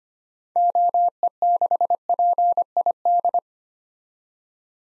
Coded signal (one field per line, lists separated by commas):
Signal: Morse code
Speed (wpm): 25 wpm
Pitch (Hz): 700 Hz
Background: none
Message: OE6PID